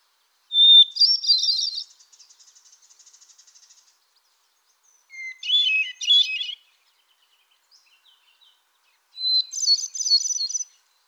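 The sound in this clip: Solitaire song with a loud opening phrase of whistle and rippling warble, a soft stuttering trail, then two more fluty, tumbling phrases.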